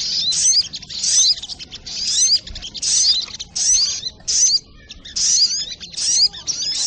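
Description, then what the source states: Little spiderhunter song: high, busy chattering phrases of quick swept notes, some phrases running together, others separated by short silences. Masteran training recording, labelled Labaik.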